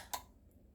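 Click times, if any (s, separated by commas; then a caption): 0.1 s. Someone pushes on the trap-door end of a plastic humane mouse trap to set it, and a single sharp tick at 0.1 seconds marks the door snapping into its set position in the latch. The snap is short and bright, followed by quiet low background noise.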